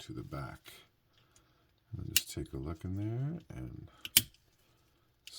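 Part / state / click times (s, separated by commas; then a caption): plastic figure arm into twin tab slots on the body / seated / 4.2 s, 5.3 s. During the transformation of a plastic Transformers Legacy Evolution Deluxe Class Insecticon Bombshell action figure, the arm is pressed into its twin-tab slot on the body while someone talks. Two sharp plastic clicks ring out at 4.2 s and 5.3 s, one for each tab. Both tabs are seated and the arm is snapped into place.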